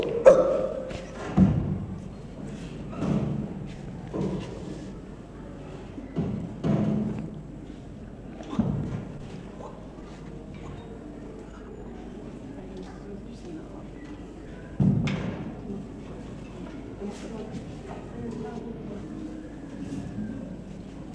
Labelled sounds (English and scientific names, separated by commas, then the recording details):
Chimpanzee (Pan troglodytes) call
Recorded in captivity
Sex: male
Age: juvenile
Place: Tierpark Berlin, Berlin, DE
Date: 1965-08-30 15:00
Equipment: R 21, Dynamisches Mikro 21a
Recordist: unbekannt, keine Angabe